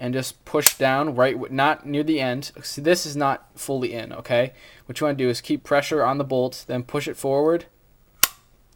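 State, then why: Seated. Someone talks while keeping pressure on the bolt and pushing it forward into the body of an Ego6 paintball marker. At 8.2 s a single sharp click sounds as the bolt seats in place, followed by near silence.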